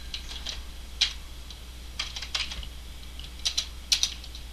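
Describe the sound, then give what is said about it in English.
Phone keypad buttons being pressed to enter the 5-digit zip code 92084 followed by the pound sign: a series of short, sharp plastic clicks in irregular bursts, some in quick pairs, over a faint steady hum with no talking. “Please enter your 5-digit zip code, followed by the pound sign.”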